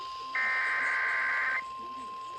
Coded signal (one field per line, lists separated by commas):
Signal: Emergency Alert System (SAME) tones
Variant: header bursts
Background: speech